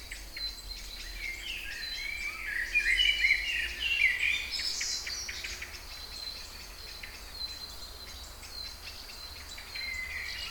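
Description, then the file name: Songbirds with a lively burst of twittering whistles early on, then sparse softer notes over a steady high insect-like drone. Kouri Forest, Thessaloniki (Salonika), Greece; 22.05.12, 18:35. "Singing Birds Kouri Forest Salonika 22 05 12 18 35"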